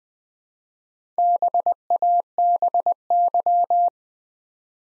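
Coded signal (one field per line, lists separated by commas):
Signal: Morse code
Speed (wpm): 20 wpm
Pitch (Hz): 700 Hz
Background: none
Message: BABY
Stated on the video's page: Morse practice at 20 wpm: 4-letter words built two letters at a time for instant character recognition.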